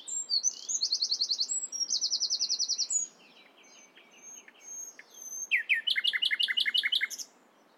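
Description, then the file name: Common nightingale producing two fast buzzy trills, a stretch of soft quieter notes, then a loud run of repeated chirps. "Luscinia megarhynchos"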